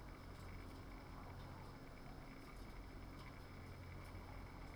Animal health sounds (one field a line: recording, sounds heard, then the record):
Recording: poultry house recording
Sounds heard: healthy chickens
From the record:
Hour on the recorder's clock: 21